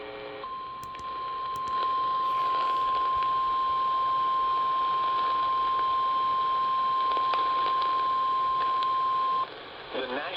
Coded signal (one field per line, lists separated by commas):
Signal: Emergency Alert System (SAME) tones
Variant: 1050 Hz attention tone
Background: speech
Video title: eas FFW Eas#309